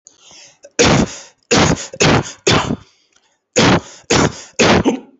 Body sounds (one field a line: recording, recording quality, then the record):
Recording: heavy voluntary cough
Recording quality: excellent, no background noise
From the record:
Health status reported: healthy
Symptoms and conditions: none ticked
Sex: male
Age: 26 years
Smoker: not ticked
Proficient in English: yes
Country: India